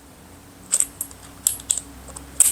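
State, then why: Seated. A hex driver bit is inserted one-handed into the quick-release chuck of a Kobalt 24V Brushless Impact Driver KID 124B-03. Light metallic ticks and rattles at about 0.7–1.0 s lead to sharp clicks at 1.5 s and 1.7 s as the bit locks in, followed by another bright tick near 2.4 s. The bit is seated.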